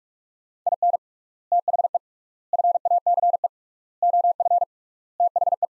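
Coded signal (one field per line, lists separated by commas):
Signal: Morse code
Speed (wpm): 46 wpm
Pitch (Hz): 700 Hz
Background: none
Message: IN THE FACE OF THE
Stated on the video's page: Morse practice of sets of five words at 45 wpm with 3x word spacing, a Farnsworth-like method for head-copying drills.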